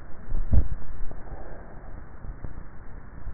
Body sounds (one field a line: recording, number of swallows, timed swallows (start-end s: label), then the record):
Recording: swallowing sounds by neck microphone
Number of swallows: 1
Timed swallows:
0.25-1.55 s: swallow
From the record:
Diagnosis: dysphagia